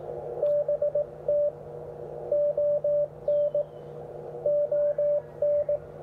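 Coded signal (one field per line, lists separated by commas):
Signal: Morse code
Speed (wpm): 18 wpm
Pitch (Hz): 590 Hz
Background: radio noise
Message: BT ON ON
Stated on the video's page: CW heard on the 17 m band.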